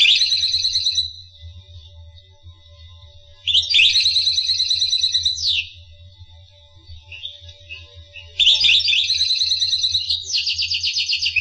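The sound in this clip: Finch song in long, fast trilled phrases of high buzzy notes separated by quieter gaps; a steady low hum continues throughout.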